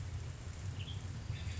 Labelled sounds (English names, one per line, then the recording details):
Western Tanager
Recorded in Sonoma County, California